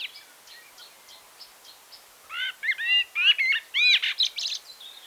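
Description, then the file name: Common blackbird: faint high ticking notes at first, then a loud run of rich warbled notes with squeaky twitters over the second half. "Turdus merula"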